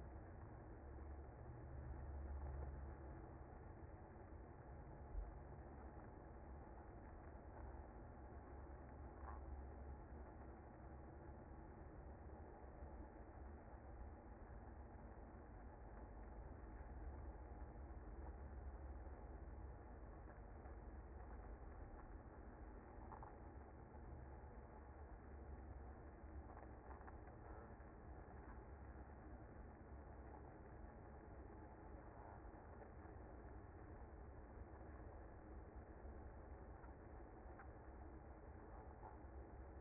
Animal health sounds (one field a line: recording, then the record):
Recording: honeybee colony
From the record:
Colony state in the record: active